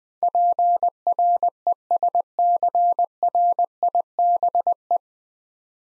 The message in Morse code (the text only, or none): PRESCRIBE